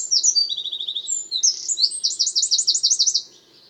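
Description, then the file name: Eurasian Wren singing a fast, shrill run of chattering notes with a quick trill, then a rhythmic series of repeated high phrases ending after about three seconds. "Troglodytes troglodytes"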